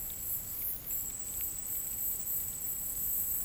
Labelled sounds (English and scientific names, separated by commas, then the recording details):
none
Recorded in dense forest near Puerto Asís, Putumayo, Colombia, on 22 June 2025 at 10:30
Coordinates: 0.503, -76.323
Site G059